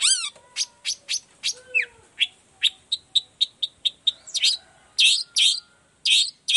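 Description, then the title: Long-tailed shrike song: quick series of sharp, descending chips and short whistles, building to louder grating bursts toward the end. Energetic morning song with varied 'toet toet' notes, played as a lure to prompt other long-tailed shrikes of any type to reply and open their beaks. "Cendet Gacor Dor Di Kala Pagi Toet Toet Variasi Suara. Cendet Gacor Efektif Pancingan Buat Cendet Jenis Apapun Agar Cepat Nyaut Buka Paruh"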